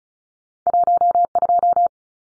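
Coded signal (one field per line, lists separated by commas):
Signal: Morse code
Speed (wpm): 34 wpm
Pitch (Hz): 700 Hz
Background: none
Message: 12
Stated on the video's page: Morse drill of two-digit numbers at 35 wpm.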